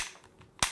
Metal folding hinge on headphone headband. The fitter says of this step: And finally, a fairly well-constructed metal hinge on each side that allows them to be folded, then unfolded, with a satisfying snap noise.